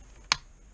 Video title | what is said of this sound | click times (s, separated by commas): Aiwa Cross Trainer cassette player (HS-SP550) disassembly | gently snap it in okay | 0.3 s